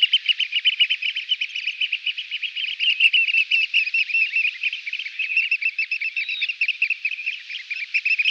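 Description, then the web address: Eurasian oystercatcher giving continuous display piping, a dense, rapid stream of shrill high notes, unbroken throughout. Eurasian oystercatcher performing its display. "Schulze Peter Eurasian Oystercatcher display"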